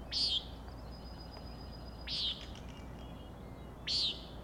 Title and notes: Common Nighthawks, Schoodic Head 061617 4am. 3 common nighthawks making peenting calls and wings booms but also a rattling noise at the Overlook (410 ft) on Schoodic Head (435 feet) Schoodic division Acadia National Park Winter Harbor, ME